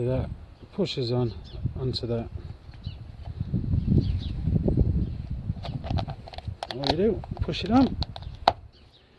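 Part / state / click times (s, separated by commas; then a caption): oil filter element into plastic filter housing cap / seated / 8.5 s. On a Peugeot 407 1.6 HDi, a new paper oil filter element is pushed onto the plastic filter housing cap while someone talks, with soft handling rustles along the way. A sharp click at 8.5 s marks the clips locking, and the element is seated in the cap.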